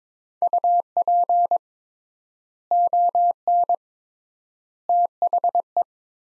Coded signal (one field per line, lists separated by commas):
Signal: Morse code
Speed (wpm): 21 wpm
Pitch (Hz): 700 Hz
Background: none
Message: UP ON THE